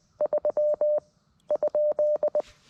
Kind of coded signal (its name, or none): Morse code